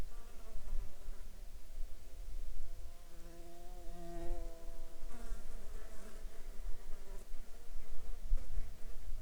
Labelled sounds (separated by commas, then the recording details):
insects
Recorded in the Arctic National Wildlife Refuge, Alaska, on 16 July 2019 at 16:16
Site 35